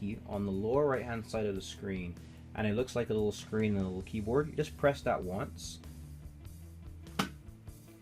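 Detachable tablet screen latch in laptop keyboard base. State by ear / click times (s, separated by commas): released / 7.2 s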